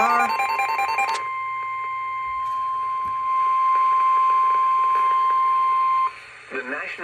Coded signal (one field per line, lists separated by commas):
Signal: Emergency Alert System (SAME) tones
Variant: 1050 Hz attention tone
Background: speech, music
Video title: Marginal Monstrosity… Invest AL93’s Craziness… EAS Alerts from: 7/14/25-7/15/25 (New EAS #293-304)